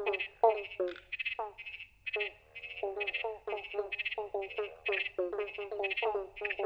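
Pobblebonk frogs in chorus: dense, overlapping plucked bonking notes in a busy, continuous clatter.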